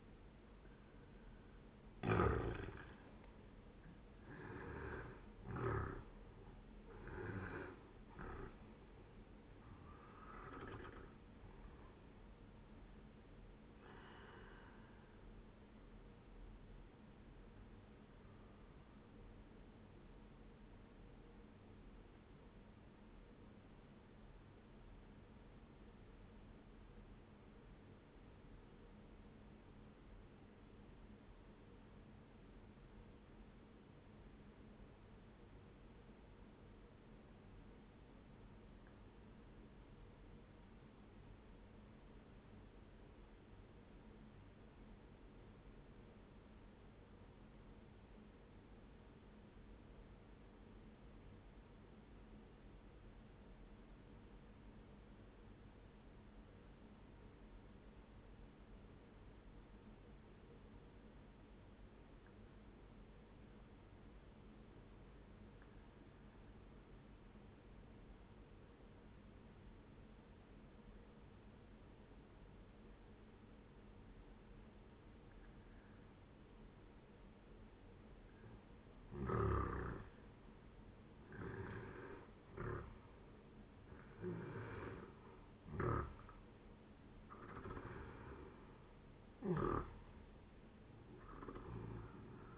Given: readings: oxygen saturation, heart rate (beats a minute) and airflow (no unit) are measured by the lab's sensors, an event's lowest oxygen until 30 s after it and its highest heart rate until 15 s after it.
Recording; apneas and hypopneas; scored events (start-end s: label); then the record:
breathing in sleep by a voice recorder at the bedside; 1
6.00-36.00 s: new sleep stage, N1 (lightest sleep)
25.00-78.90 s: obstructive apnea (N1, oxygen 97% highest, then 87% lowest, heart rate 61 at the start, 80 highest)
36.00-92.58 s: new sleep stage, N2 (light sleep)
From the record:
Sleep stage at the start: N2 (light sleep); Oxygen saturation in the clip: 87 to 97%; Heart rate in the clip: 59 to 80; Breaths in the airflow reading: 9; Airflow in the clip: -12.0 to 14.2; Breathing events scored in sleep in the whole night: 131 in 7.2 hours asleep